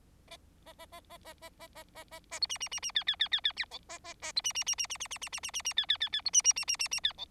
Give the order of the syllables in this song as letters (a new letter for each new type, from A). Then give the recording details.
A A A A A A A A A A A B C C C C D D D D D E A A A B C C C C C C C C C C C C D D D D B C C C C C C D E. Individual Bird4